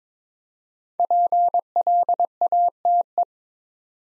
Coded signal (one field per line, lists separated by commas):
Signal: Morse code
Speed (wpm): 22 wpm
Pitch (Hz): 700 Hz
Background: none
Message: PLATE